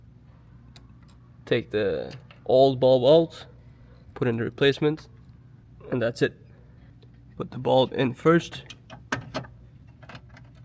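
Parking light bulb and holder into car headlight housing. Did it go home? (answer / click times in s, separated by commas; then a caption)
yes / 9.1 s. An H6W parking light bulb in its holder is pushed into the headlight housing of a BMW F30. Someone talks over a few faint ticks, then a sharp click at 9.1 s marks the bulb popping into place, seated, followed by a few soft ticks.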